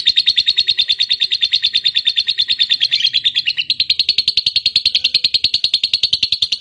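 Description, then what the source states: Lovebird pouring out rapid, even chattering notes in a long unbroken high trill. Fighter-type lovebird singing energetically, described as gacor.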